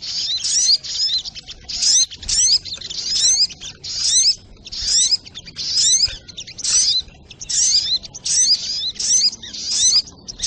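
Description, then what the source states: Spiderhunter repeating high, chattering bursts with sweeping notes, about a dozen phrases. Training recording (masteran) of the labaik song style.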